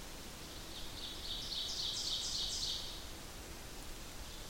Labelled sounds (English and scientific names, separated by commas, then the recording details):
Ovenbird (Seiurus aurocapilla) song
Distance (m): 50 m
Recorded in boreal forest in Alberta, Canada, on 8 June 2016 at 08:41
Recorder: SongMeter 3, array SBT-3-9
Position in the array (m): 51 m, 111 m
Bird 33